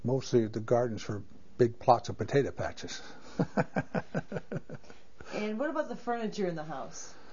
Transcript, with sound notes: Mostly the gardens were big plots of potato patches (laughs)
And what about the furniture in the house?